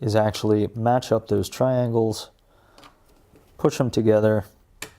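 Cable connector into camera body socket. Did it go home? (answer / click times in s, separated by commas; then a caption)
yes / 4.8 s. Someone talks while lining up the white triangles on a push-pull cable connector and the socket on a Canon C100 camera body, then pushes the two together. A sharp tick at 4.8 s marks the connector locking into place, as it is designed to do, and the cable is seated.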